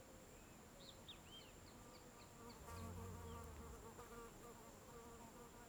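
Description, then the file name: Fly buzzing, a low droning hum that swells briefly midway, over steady hiss with scattered high chirps and short whistles from small birds. Open field ambience in late afternoon, with birds. "Ambiencia descampado em fim de tarde com mosca, passaros e as vezes vaca"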